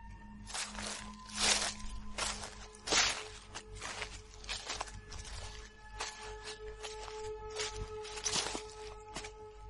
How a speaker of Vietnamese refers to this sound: Nhưng tiếp sau đó, trong gió tôi lại nghe thấy được tiếng bước chân sột soạt vang lên, đi ngay sau lưng chúng tôi, không nhanh, không chậm.